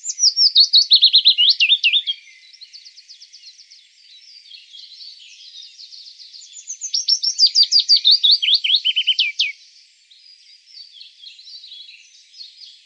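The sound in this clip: Willow warbler singing two clear, descending whistled phrases, with soft high twittering filling the gaps between them.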